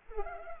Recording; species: mosquito wingbeat signal from an infrared sensor; Culex pipiens